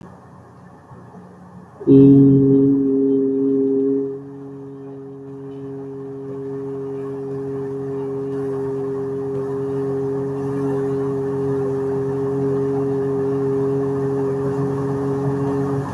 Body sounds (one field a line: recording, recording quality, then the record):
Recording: sustained vowel as in beet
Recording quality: excellent, no background noise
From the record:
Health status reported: exposed to COVID-19, no respiratory illness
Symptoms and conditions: cough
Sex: male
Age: 29 years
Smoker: not ticked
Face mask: not worn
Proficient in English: yes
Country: India